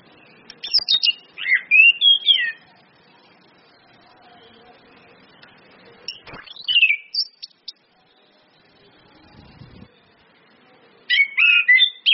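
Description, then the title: Orange-headed thrush song in three bursts of varied whistles and slurred chirps separated by quieter gaps, with a faint low rustle. Indonesian bird-training recording of Orange-headed thrush song, including female whistles, meant to make birds sing actively. "PANCINGAN anis kembang ngeplong dan SUITAN BETINA"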